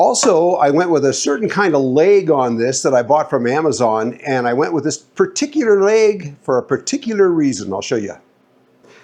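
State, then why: Not seated. A man talks throughout about a fold-up table leg, bought from Amazon, for a plywood cargo platform in a pickup crew cab's rear seat. The leg is handled but not yet locked: nothing has clicked or seated by the end. The speech stops around 8.2 s, leaving a quiet tail.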